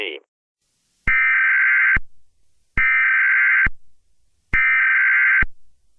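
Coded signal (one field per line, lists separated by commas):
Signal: Emergency Alert System (SAME) tones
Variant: header bursts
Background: speech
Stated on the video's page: Valid EAS tones in a fictional EAS scenario about gas attacks in Atlanta.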